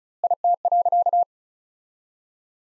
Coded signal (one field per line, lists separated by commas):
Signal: Morse code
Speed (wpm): 34 wpm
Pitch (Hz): 700 Hz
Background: none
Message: IT.